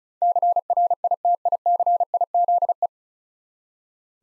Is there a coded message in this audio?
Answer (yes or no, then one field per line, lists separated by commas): yes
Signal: Morse code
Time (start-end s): 0.2-2.9 s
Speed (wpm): 36 wpm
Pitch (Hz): 700 Hz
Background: none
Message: CRITICIZE